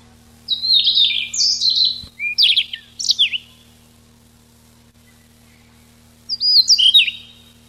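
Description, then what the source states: Siberian rubythroat singing a run of clear whistled and downslurred notes for nearly three seconds, then after a pause another short whistled phrase. Recorded 6 July 1991.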